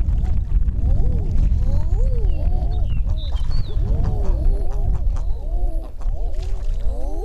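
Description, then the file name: Common eiders calling in a crowd, soft swooping coos overlapping one another, with a few higher thin notes and a constant low roar beneath. Svalbard, 9 June 2010. "eider duck svalbard"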